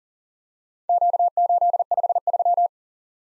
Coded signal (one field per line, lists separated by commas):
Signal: Morse code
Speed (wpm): 39 wpm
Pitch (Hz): 700 Hz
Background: none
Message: Q853